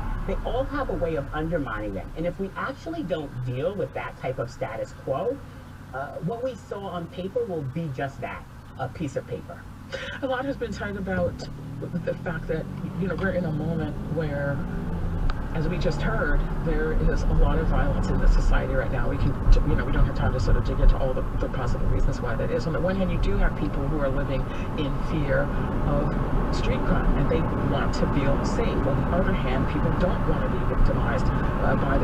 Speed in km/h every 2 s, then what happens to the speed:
8, 0, 0, 0, 0, 0, 0, 15, 29, 37, 37, 42, 50, 56, 61, 61.
1-12 standing. 12-28 pulls away to 61.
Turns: none.